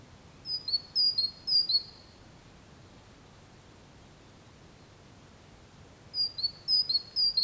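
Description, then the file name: Great tit giving a quick series of high, piercing two-note phrases, falling silent for several seconds, then resuming the same repeated see-saw pattern. "Parus major"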